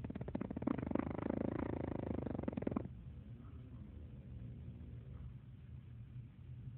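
A single loud, rattling snore from an adult lasts almost three seconds, with a fast fluttering buzz through the breath, then quiet room noise. It is the vibrating sound of ordinary snoring, made as relaxed soft tissue in the throat flutters during sleep.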